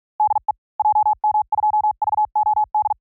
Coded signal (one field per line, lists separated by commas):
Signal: Morse code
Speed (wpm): 46 wpm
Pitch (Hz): 850 Hz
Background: none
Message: DE JM2VOD